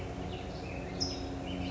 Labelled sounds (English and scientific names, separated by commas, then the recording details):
California Towhee (Melozone crissalis)
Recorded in Sonoma County, California